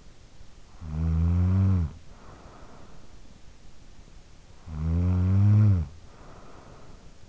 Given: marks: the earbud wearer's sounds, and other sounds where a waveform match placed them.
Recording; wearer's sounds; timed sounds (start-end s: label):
sounds in sleep by an in-ear microphone; snoring breath
0.34-3.31 s: snoring breath
4.16-7.28 s: snoring breath